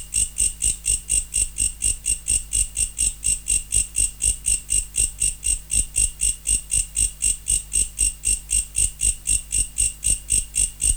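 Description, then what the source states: Mecopoda katydid song: a fast, even train of shrill, rasping pulses, about four each second, steady throughout over a low constant hum. Recorded in November.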